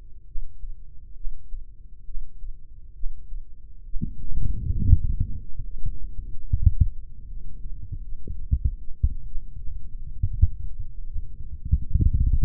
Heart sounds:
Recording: heart sounds by microphone in the right ear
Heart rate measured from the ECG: 73 bpm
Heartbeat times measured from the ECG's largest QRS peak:
0.26 s: heartbeat
1.15 s: heartbeat
2.05 s: heartbeat
2.94 s: heartbeat
3.84 s: heartbeat
4.77 s: heartbeat
5.65 s: heartbeat
6.50 s: heartbeat
7.27 s: heartbeat
8.03 s: heartbeat
8.79 s: heartbeat
9.57 s: heartbeat
10.34 s: heartbeat
11.07 s: heartbeat
11.81 s: heartbeat
From the record:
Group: healthy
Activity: breath hold 0-4 s, rest 4-13 s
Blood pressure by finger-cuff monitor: 126/75 mmHg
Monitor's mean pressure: 93 mmHg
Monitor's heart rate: 70 bpm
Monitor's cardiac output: 3.9 L/min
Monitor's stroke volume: 57 mL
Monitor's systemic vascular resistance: 1710 dyn s/cm5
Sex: male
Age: 55 years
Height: 167 cm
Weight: 57.2 kg

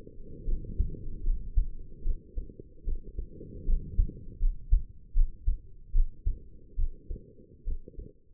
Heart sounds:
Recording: heart sounds by stethoscope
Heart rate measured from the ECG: 75 bpm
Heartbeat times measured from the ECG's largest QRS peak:
0.44 s: heartbeat
1.23 s: heartbeat
2.02 s: heartbeat
2.84 s: heartbeat
3.65 s: heartbeat
4.39 s: heartbeat
5.13 s: heartbeat
5.92 s: heartbeat
6.76 s: heartbeat
7.64 s: heartbeat
From the record:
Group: healthy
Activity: rest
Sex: female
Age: 22 years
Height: 160 cm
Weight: 45 kg

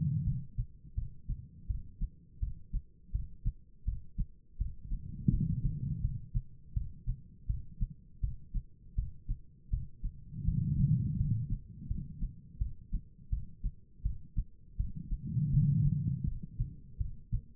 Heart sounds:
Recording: heart sounds by stethoscope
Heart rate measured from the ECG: 82 bpm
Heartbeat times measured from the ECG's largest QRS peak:
0.24 s: heartbeat
0.95 s: heartbeat
1.67 s: heartbeat
2.40 s: heartbeat
3.12 s: heartbeat
3.85 s: heartbeat
4.58 s: heartbeat
5.30 s: heartbeat
6.01 s: heartbeat
6.74 s: heartbeat
7.47 s: heartbeat
8.21 s: heartbeat
8.95 s: heartbeat
9.70 s: heartbeat
10.45 s: heartbeat
11.17 s: heartbeat
11.88 s: heartbeat
12.58 s: heartbeat
13.30 s: heartbeat
14.03 s: heartbeat
14.77 s: heartbeat
15.51 s: heartbeat
16.25 s: heartbeat
16.98 s: heartbeat
From the record:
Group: healthy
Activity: cold pressor test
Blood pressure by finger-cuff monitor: 183/116 mmHg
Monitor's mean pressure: 135 mmHg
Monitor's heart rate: 82 bpm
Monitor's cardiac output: 5 L/min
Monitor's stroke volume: 61 mL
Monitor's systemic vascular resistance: 2050 dyn s/cm5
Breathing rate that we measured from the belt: 12 breaths a minute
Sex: female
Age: 51 years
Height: 162 cm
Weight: 70.04 kg

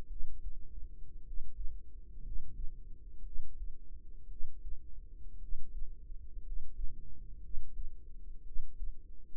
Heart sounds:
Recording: heart sounds by microphone in the right ear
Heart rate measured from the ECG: 57 bpm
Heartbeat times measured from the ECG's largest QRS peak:
0.06 s: heartbeat
1.22 s: heartbeat
2.20 s: heartbeat
3.21 s: heartbeat
4.26 s: heartbeat
5.38 s: heartbeat
6.41 s: heartbeat
7.39 s: heartbeat
8.42 s: heartbeat
From the record:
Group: healthy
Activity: rest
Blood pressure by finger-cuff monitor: 103/50 mmHg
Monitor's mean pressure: 64 mmHg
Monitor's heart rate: 58 bpm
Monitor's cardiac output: 5.2 L/min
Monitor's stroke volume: 92 mL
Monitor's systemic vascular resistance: 860 dyn s/cm5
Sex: male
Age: 25 years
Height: 170 cm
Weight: 70.4 kg

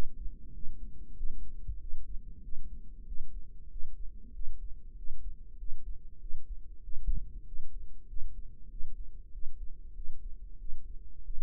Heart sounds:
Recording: heart sounds by microphone in the right ear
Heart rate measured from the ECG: 95 bpm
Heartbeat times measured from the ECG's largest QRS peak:
0.54 s: heartbeat
1.17 s: heartbeat
1.80 s: heartbeat
2.43 s: heartbeat
3.07 s: heartbeat
3.71 s: heartbeat
4.34 s: heartbeat
4.97 s: heartbeat
5.59 s: heartbeat
6.21 s: heartbeat
6.84 s: heartbeat
7.46 s: heartbeat
8.09 s: heartbeat
8.71 s: heartbeat
9.33 s: heartbeat
9.96 s: heartbeat
10.60 s: heartbeat
11.25 s: heartbeat
From the record:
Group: healthy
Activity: rest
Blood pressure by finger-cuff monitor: 146/91 mmHg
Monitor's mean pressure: 105 mmHg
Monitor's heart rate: 96 bpm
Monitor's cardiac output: 7.3 L/min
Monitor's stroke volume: 76 mL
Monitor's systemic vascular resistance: 1060 dyn s/cm5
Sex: male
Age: 21 years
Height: 175 cm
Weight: 72.6 kg

